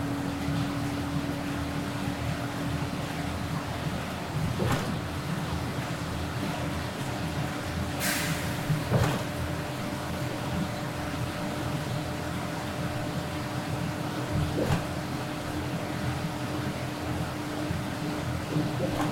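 A bus rumbles along on a rainy day heading out of the city, its engine a steady low drone with a faint hum running through it. A few brief knocks and rattles break in, a sharp one around eight seconds, while road noise hisses underneath throughout.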